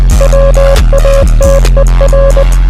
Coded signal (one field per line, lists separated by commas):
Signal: Morse code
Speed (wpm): 20 wpm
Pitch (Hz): 550 Hz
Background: music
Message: WATER